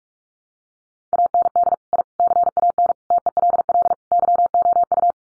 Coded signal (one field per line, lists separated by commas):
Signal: Morse code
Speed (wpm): 44 wpm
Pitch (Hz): 700 Hz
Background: none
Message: AND I CAN TELL YOU